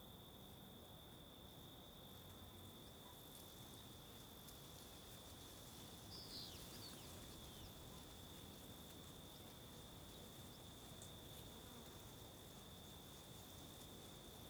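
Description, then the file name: Crickets trilling as a steady high continuous chorus, with strong low wind rumble throughout and a few brief faint chirps near the middle. Several crickets recorded as ambience at the Mirante da Antena lookout, Alto Paraíso, with wind. "Ambiencia no Mirante da Antena de Alto Paraiso com Varios Grilos e Vento"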